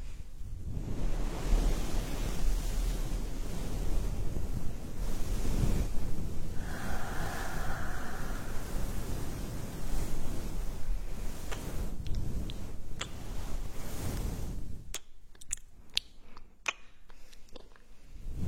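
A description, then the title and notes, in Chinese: Ear massage: dense, steady rubbing and muffled rustling for fifteen seconds, a brief whine midway, then quieter gaps with sharp scattered taps. 按摩耳朵刺激大脑。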